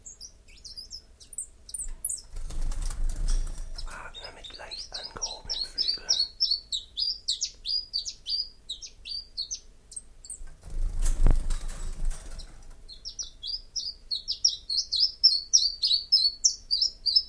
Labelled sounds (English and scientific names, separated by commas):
Common Chiffchaff (Phylloscopus collybita) song